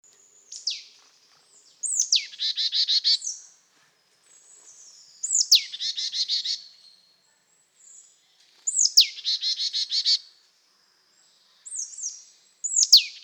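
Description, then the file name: Marsh Tit calling: a clean, downslurred whistled note, then a rapid string of buzzy notes. The pattern repeats about every three to four seconds against a quiet background. "Poecile palustris"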